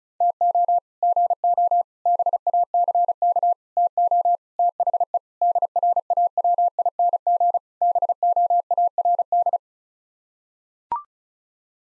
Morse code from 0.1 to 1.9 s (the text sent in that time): TO GO